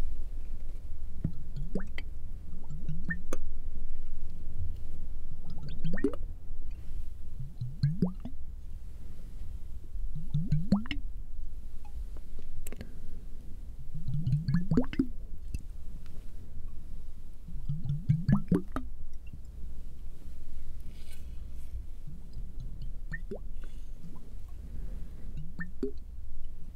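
Water drops fall and splash in a wet, squishy run of small sounds, bunched into bursts every few seconds with brief upward-gliding plops at the middle. Sharp ticks and clicks dot the gaps, over a steady low rumble throughout.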